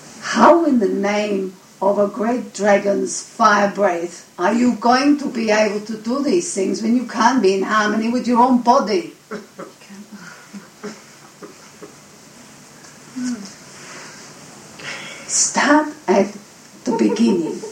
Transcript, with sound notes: How in the name of a great dragon's fire breath are you going to be able to do these things when you can't be in harmony with your own body? (laughter from the group) Start at the beginning.